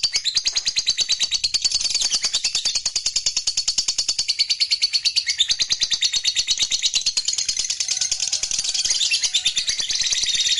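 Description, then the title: Lovebird song: continuous rapid high-pitched chattering with buzzy pulses, running steadily throughout. Recording meant to make a lovebird that is lazy to sing eager, so it spontaneously goes straight into long trilling (narik). "LOVEBIRD Malas Bunyi JADI GREGET SPONTAN Langsung NARIK"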